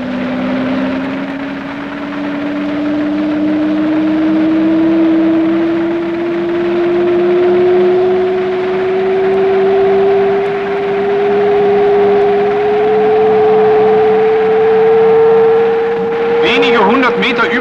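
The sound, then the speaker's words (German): A Stuka dive bomber in a steep dive toward railway installations under heavy Polish anti-aircraft fire: a loud, sustained howling whine that climbs steadily in pitch over a rough engine roar, ending in a short burst of sharp, crackling noise. “Bei starkem polnischen Abwehrfeuer stürzt der Stuka-Flieger im Steilflug auf die Bahnanlagen zu und zielt dabei mit der ganzen Maschine.”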